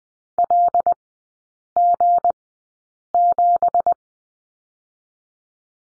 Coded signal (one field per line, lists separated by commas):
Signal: Morse code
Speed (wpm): 20 wpm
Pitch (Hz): 700 Hz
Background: none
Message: LG7